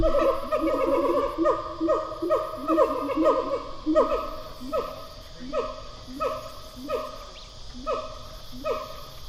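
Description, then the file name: Siamang calls in dense overlapping descending barks that thin out into a steady series about once a second, with a low droning background throughout. Distant siamang pair call, recorded in stereo. "Animal Gibbon Siamang pair call 02 distant"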